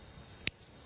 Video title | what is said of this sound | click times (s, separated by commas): Hochanda TV - The Home of Crafts, Hobbies and Arts Live Stream | you hear that click that's pierce the chamber so now the solution can start to float and | 0.5 s